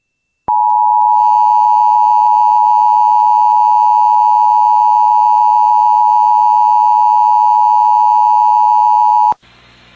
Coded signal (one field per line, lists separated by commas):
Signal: Emergency Alert System (SAME) tones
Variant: 853 and 960 Hz attention tone